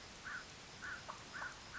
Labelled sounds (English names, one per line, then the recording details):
American Crow
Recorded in Sonoma County, California